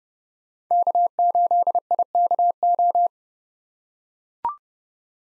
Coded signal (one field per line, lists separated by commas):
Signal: Morse code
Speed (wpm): 30 wpm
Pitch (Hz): 700 Hz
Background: none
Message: K8IKO